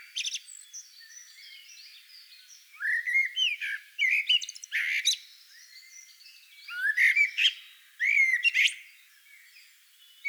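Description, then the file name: Common blackbird song: soft faint twittering at first, then several phrases of fluted notes rising into squeaky, high-pitched chatter. "Turdus merula"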